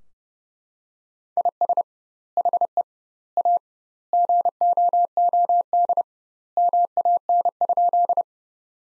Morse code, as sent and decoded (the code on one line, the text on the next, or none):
.. ... / .... . / .- / --. --- --- -.. / -- .- -. ..--..
IS HE A GOOD MAN?